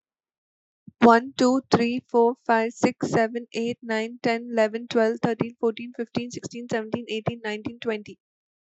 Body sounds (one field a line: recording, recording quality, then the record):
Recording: counting at a fast pace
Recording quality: excellent, no background noise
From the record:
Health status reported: healthy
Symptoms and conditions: none ticked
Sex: female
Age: 25 years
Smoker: not ticked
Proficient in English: yes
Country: India